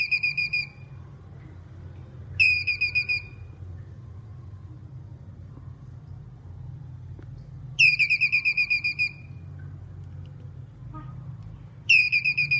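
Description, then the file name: Squirrel chatter, four quick bursts of sharp, high pulsed notes delivered in fast runs, spaced irregularly, over a constant low rumbling hum. Male calling. "Tieng soc duc keu"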